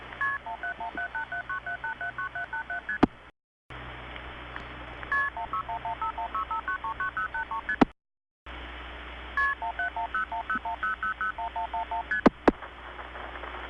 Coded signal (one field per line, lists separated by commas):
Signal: multi-frequency trunk signalling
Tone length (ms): 110 ms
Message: KP17178797879787ST KP16115165939083ST KP17101010001111ST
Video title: Early80s Pgm 5: Effect of CCIS on Phreaking, Olney SF'ing, 1981-83